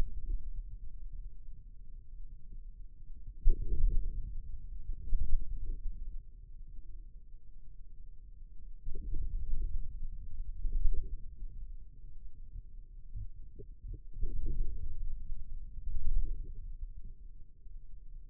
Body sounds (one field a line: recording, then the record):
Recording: forearm muscle sounds (acoustic myography)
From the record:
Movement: inward rotation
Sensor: system 2, bracelet of six BSWA MPA416 microphones around the upper forearm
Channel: 4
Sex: male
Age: 22 years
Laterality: right